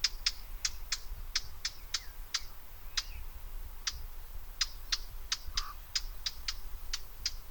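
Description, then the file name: Eurasian blackcap calling with a long series of hard ticking tacks, some quick doubles, others spaced up to a second apart, over a quiet low background rumble. "Sylvia atricapilla"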